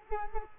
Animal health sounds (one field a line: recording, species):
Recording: mosquito wingbeat signal from an infrared sensor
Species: Culex quinquefasciatus